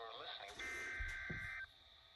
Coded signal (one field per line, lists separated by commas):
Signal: Emergency Alert System (SAME) tones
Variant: header bursts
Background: speech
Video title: EAS #8: Severe Thunderstorm Watch 66 (04/01/2024)